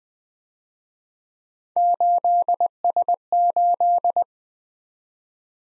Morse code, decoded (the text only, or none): 8S8